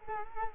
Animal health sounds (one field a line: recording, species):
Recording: mosquito wingbeat signal from an infrared sensor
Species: Culex quinquefasciatus